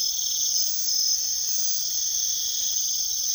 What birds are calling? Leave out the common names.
none